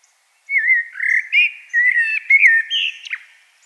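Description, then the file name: Common blackbird singing one long mellow phrase of varied fluty whistles, ending in a few thin squeaky notes; quiet background. "Turdus merula"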